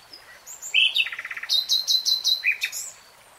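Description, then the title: Nightingale song: quick varied phrase, a fast clicking trill followed by about six loud repeated notes and a final note. Nightingale singing in real time. "[Tiếng chim hót] 3 Hours REALTIME Nightingale Singing"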